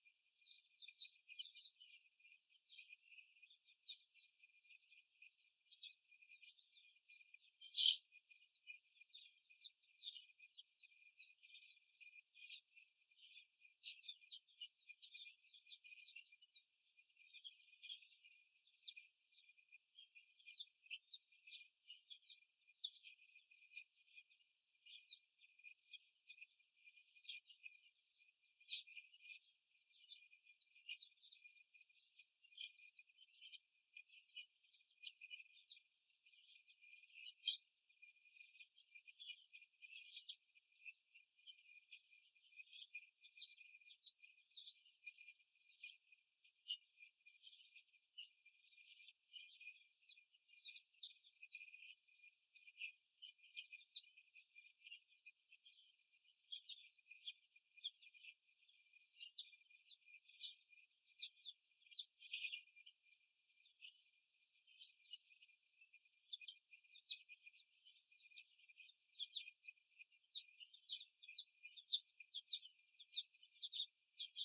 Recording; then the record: young laying hens in a cage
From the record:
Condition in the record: after the stressor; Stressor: simulated dog barking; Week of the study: 1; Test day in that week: 2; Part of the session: 1